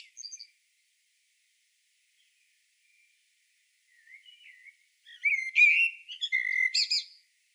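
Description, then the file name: Common blackbird: faint scattered notes and a soft low warble, then a loud phrase of rich whistles mixed with shrill, chattering twitters. "Turdus merula"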